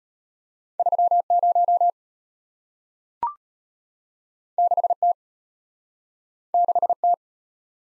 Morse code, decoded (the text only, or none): 30 6T 6T